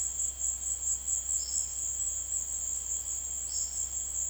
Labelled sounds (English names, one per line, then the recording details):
Olive-faced Flatbill
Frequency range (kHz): Olive-faced Flatbill 3.8-6.3 kHz
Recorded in dense forest near Puerto Asís, Putumayo, Colombia, on 21 February 2024 at 17:00
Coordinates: 0.485, -76.322
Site G6406